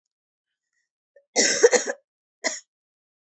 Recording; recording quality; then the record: heavy voluntary cough; excellent, no background noise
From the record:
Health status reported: healthy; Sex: female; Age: 33 years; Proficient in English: yes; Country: India